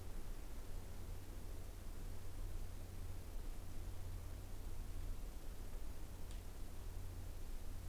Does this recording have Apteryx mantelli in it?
no